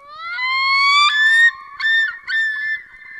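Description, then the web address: Common Loon giving a long wail that rises slowly, followed by two bursts of wavering, yodel-like notes. Loons returning to north-woods Wisconsin lakes in late April, within 24 hours of ice-out; intense competition for territories, may land on partially open lakes. "WINature Notes 13-Nature Note April Common Loon"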